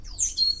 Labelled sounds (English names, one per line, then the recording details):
Stitchbird song
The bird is a male
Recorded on Tiritiri Matangi Island, New Zealand, in 2005
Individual 22, of nest box 31